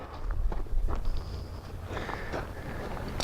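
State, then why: Not seated. A winch free-spool clutch lever is handled on its way back into engagement with the winch drum gear after cable has been spooled out. Short knocks and taps come at about 0.3, 0.5, 0.9, 3.0 and 3.2 seconds over a low rumble. Nothing has clicked or seated yet.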